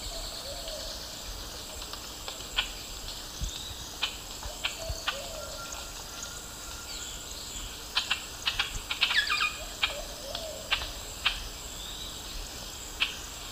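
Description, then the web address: Velvet-fronted Grackle calls, scattered sharp clicks and harsh chattering notes bunched in the second half, set against a constant insect hum. A pair calling and singing in the eastern lowlands of South America. "S America Eastern Lowlands Lampropsar tanagrinus, calls and songs pair"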